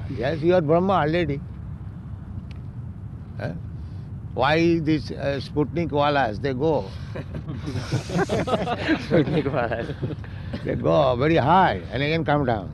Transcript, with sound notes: Yes, you are Brahman already. Why these sputnik-wālās, they go...? [laughter]
Sputnik-wālās.
They go very high and again come down?